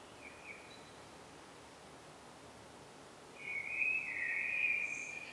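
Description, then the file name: Common blackbird: a faint note early, a long quiet gap, then a single loud warbled phrase with a high squeak in the last two seconds. "Turdus merula"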